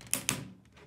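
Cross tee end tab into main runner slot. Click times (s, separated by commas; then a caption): 0.1 s, 0.3 s. The metal end tab of a drop-ceiling grid cross tee is lined up with the slot in the main runner and pushed in. Two sharp, bright metallic snaps ring out at 0.1 s and 0.3 s, each fading quickly into quiet. The tab locks into the runner and is seated.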